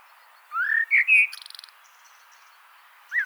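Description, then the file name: Common blackbird giving a brief rising fluty whistle phrase ending in a fast, buzzy twitter, with one short extra note afterward over faint hiss. "Turdus merula"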